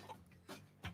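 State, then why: Not seated. A Little Giant extension ladder section is being extended to working height, with its metal rapid lock pins lined up toward the holes in the ladder rail. Faint handling noise is broken by a soft knock near 0.3 s and a louder one near 0.9 s. Nothing has seated or clicked into place yet.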